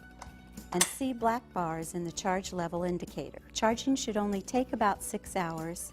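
A rechargeable battery pack is pushed to the back of its holder on a Rifton SoloLift patient lift, its clip hooking over two prongs. The clip snaps into place with a sharp, short click at 0.2 s, and the battery is seated. Someone then talks over the rest of the clip.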